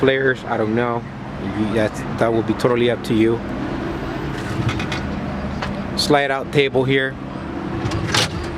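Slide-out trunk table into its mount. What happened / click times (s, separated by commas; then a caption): The slide-out table was pushed in without any seating click / none. Someone talks while handling the slide-out table in the trunk of an unmarked 2011 Crown Victoria Police Interceptor, with a few brief handling knocks around 4.8, 4.9 and 5.6 seconds. The table has not yet been pushed in and has not locked into its mount; locking it is meant to make no noise at all.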